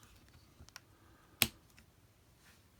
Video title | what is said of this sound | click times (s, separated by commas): Commander Class Aerialbot Silverbolt / Superion Review - Transformers Age of the Primes | So, this will slide over and click into place. And then this will do the same. | 1.4 s